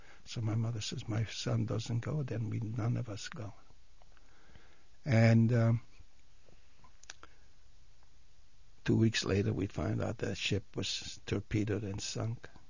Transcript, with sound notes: So my mother says, "My son doesn't go then we, none of us go." And (he pauses) two weeks later we find out that ship was torpedoed and sunk.